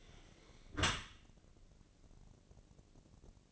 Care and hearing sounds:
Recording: daily activity, microphone in the room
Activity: close dishwasher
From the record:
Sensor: 4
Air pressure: 1013.2 hPa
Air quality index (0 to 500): 169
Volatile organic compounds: 2 ppm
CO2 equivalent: 1069 ppm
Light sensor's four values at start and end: 84/209/87/89 and 84/210/87/90

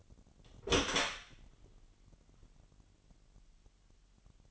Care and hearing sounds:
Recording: daily activity, microphone in the room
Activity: open door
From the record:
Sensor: 4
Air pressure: 999.1 hPa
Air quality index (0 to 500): 118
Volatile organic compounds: 2 ppm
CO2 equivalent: 1165 ppm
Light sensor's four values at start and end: 12/29/11/12 and 12/31/12/14

